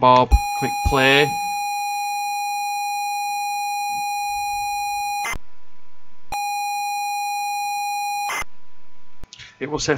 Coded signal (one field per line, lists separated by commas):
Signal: ZX Spectrum tape loading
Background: speech